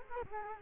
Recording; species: mosquito wingbeat signal from an infrared sensor; Culex quinquefasciatus